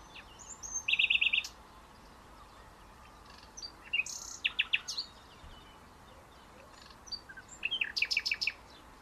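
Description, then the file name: Common nightingale song with varied phrases: a rapid buzzy trill, scattered sharp notes, and a final burst of fast repeated chips, over faint steady background hiss. "Luscinia megarhynchos"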